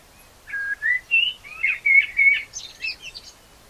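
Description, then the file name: Common blackbird song, clear fluty whistled notes in a smooth warbling run, closing with a scratchy high-pitched twitter. "Turdus merula"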